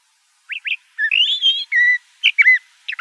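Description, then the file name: Le Conte's thrasher phrase: two quick chirps, a drawn-out wavering whistle, a falling slurred note, then brief sharp notes, against silence. Recorded in Arizona. "LCTH 2 deviche"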